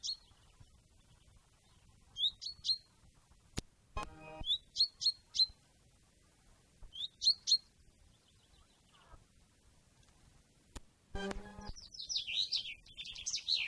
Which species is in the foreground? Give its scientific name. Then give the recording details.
Fringilla coelebs. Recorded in the wild. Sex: male. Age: adult. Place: Ehrwald, Wettersteingebirge, Tirol, AT. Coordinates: 47.4275, 10.9428. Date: 1962. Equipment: Stellavox SM 5, Original, Vollspur. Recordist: Tretzel, Erwin